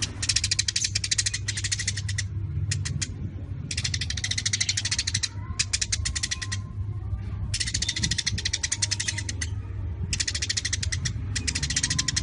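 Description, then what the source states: Eurasian tree sparrow chattering almost nonstop, rapid grating notes packed into long bursts broken by brief pauses, a low droning hum throughout. Sparrow in full voice ('gacor'), chattering rapidly and densely ('nyecret rapat').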